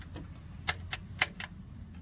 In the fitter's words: There's the click.